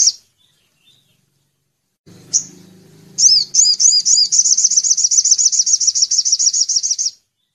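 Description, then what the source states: Little spiderhunter singing a run of high, thin, repeated notes that starts after a brief note and a low hum, then continues steadily for about four seconds. Masteran training recording for songbirds, labelled Labaik.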